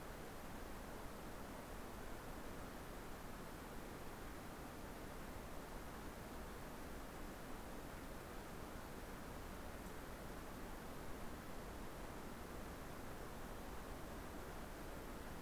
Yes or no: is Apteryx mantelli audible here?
no